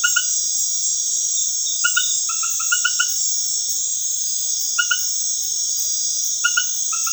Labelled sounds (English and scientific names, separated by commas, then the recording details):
none
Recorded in dense forest near Puerto Asís, Putumayo, Colombia, on 19 February 2024 at 20:30
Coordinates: 0.505, -76.324
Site G6467